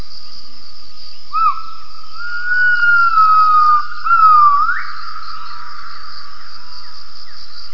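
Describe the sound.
Gibbon call: pure, whistled notes, a short hooked note, then a long falling tone that ends in a quick upward sweep, over a steady high-pitched hiss.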